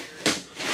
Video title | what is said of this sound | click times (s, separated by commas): 2023 TAMPA RV SHOW TOUR - FIRST TIME - WHAT TO EXPECT | You got the little thing up here and locks in place. | 0.3 s